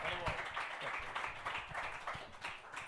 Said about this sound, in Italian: Questo è bello. Facciamogli fare un applauso.